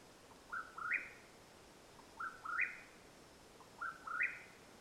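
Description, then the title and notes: Mexican whip-poor-will repeating a short burry phrase that steps up and ends in a rising slur, three times about every 1.7 seconds. Wild bird calling at nightfall in Madera Canyon, Arizona, USA, recorded 21 April 2022. "The call of the Mexican Whip-poor-will at nightfall in Madera Canyon, AZ. Recorded April, 21 2022."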